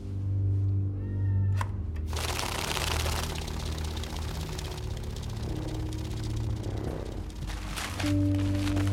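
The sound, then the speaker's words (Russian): Cats in a foreign film scene meow in drawn-out, tonal cries at the start and again at the end, with a stretch of loud, broad rustling noise between them. No one speaks. “Вы не могли бы убрать кошек, а то у меня на них аллергия.”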